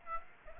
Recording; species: mosquito wingbeat signal from an infrared sensor; Aedes aegypti